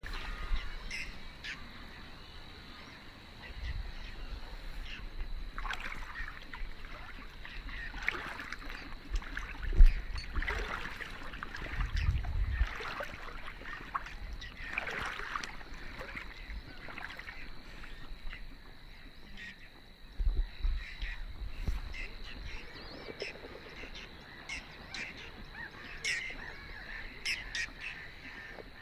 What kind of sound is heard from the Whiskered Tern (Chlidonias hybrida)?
call